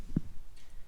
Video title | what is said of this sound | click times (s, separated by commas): S1000RR M Sport 2020 Evotech Perfomance Parts Install | want to then make sure it clicks in nicely over the top | 0.2 s